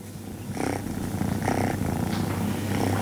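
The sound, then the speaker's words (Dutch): Steady, low rumbling purr from kittens taken in by a kitten fosterer in Metslawier, continuous throughout with a gentle pulsing rhythm as the breath cycles in and out, moderately loud with no talking. “Zo wemelt het van de kittens op het moment. Juist die kleine poesjes hebben heel veel zorg nodig.”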